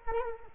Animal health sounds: mosquito wingbeat signal from an infrared sensor; Culex quinquefasciatus

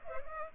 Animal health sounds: mosquito wingbeat signal from an infrared sensor; Culex pipiens

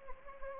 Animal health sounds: mosquito wingbeat signal from an infrared sensor; Anopheles gambiae

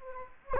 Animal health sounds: mosquito wingbeat signal from an infrared sensor; Anopheles gambiae

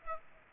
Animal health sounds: mosquito wingbeat signal from an infrared sensor; Aedes aegypti

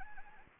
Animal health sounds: mosquito wingbeat signal from an infrared sensor; Anopheles gambiae

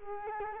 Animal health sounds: mosquito wingbeat signal from an infrared sensor; Culex quinquefasciatus

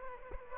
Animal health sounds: mosquito wingbeat signal from an infrared sensor; Aedes aegypti

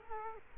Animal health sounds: mosquito wingbeat signal from an infrared sensor; Culex quinquefasciatus

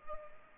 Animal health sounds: mosquito wingbeat signal from an infrared sensor; Culex pipiens

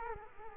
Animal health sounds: mosquito wingbeat signal from an infrared sensor; Culex quinquefasciatus

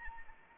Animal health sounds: mosquito wingbeat signal from an infrared sensor; Anopheles arabiensis

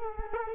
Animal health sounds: mosquito wingbeat signal from an infrared sensor; Culex quinquefasciatus

